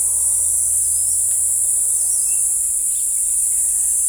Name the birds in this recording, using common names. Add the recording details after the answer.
Ochre-lored Flatbill. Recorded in forest near Pivijay, Magdalena, Colombia, on 1 June 2023 at 05:30. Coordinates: 10.467, -74.380. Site Z5-G034